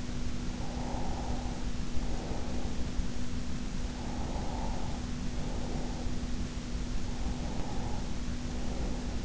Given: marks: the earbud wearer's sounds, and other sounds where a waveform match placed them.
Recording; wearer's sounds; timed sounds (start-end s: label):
sounds in sleep by an in-ear microphone; breath
0.55-3.03 s: breath
3.93-6.29 s: breath
7.00-9.24 s: breath